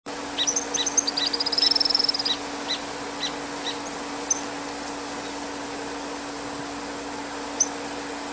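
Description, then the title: Bird giving a rapid series of very high, thin chirps in the first two seconds, then scattered single notes, all over a steady low hum. "LuckyPassaro Completos2Sama"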